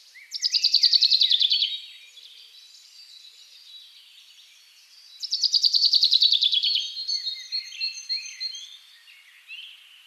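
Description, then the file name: Common chaffinch song: two bright, rapid trills about five seconds apart, each falling in pitch. "Fringilla coelebs"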